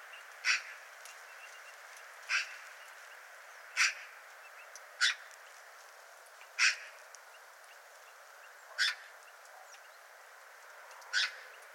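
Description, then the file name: Eurasian magpie giving single harsh, rasping chack notes, seven spaced irregularly about one to two and a half seconds apart, over a soft steady background hiss. "Pica pica"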